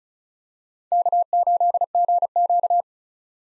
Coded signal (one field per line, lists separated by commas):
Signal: Morse code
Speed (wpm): 34 wpm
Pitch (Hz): 700 Hz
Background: none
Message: K8GQ